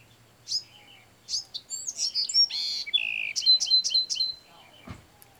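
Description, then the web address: Bewick's wren song: scattered high chips build into a buzzy, warbled middle section, then a run of quick repeated sharp notes closes the phrase. "BEWR birds wrens"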